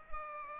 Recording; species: mosquito wingbeat signal from an infrared sensor; Culex pipiens